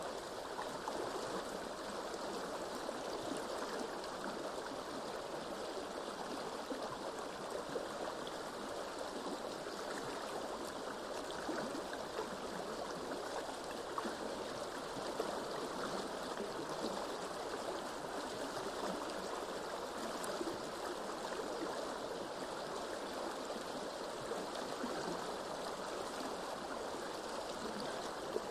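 A river flows steadily, a dense, unbroken rush of water with bright splashing and fine trickling detail throughout. The sound holds an even level from start to finish, with no distinct events or other sounds standing out.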